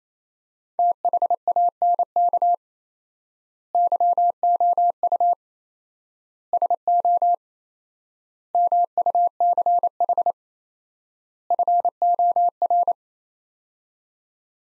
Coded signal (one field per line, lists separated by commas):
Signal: Morse code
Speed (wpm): 27 wpm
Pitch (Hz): 700 Hz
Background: none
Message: THANK YOU SO MUCH FOR